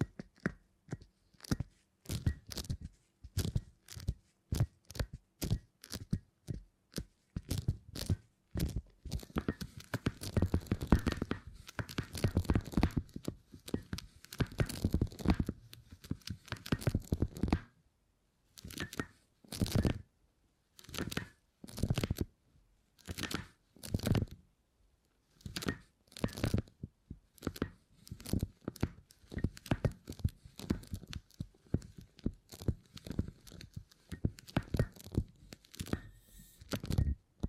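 Beeswax crackles and crunches in rapid, irregular bursts, denser and rougher between ten and seventeen seconds, then sparser with brief silent gaps.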